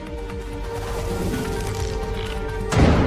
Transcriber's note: paper rips; book slams